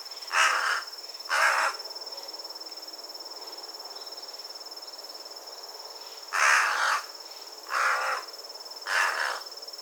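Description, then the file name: Carrion crow giving harsh caws, a pair early on, then a pause and three more evenly spaced, with a steady faint high whine underneath. "Corvus corone"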